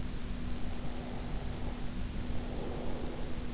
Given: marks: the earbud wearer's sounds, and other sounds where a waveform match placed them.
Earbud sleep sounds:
sounds in sleep by an in-ear microphone; breath
0.44-3.54 s: breath

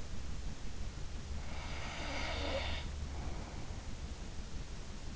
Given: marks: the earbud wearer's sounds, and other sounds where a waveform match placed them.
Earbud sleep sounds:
sounds in sleep by an in-ear microphone; snoring breath
1.48-4.00 s: snoring breath

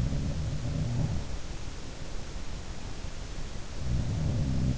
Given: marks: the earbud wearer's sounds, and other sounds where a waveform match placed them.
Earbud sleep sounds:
sounds in sleep by an in-ear microphone; breath
0.00-1.74 s: sound from someone else or the room
0.63-1.74 s: breath
2.52-4.78 s: breath

